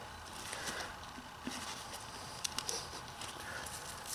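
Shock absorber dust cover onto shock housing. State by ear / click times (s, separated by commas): seated / 2.4 s, 2.6 s, 2.7 s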